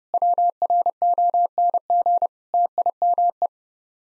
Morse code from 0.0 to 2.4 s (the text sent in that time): WRONG